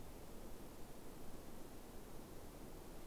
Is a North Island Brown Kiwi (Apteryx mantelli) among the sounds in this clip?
no